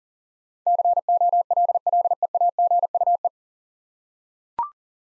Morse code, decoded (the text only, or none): COLLEAGUE